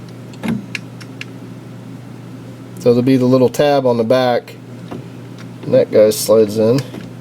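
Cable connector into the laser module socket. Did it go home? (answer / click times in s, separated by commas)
no / none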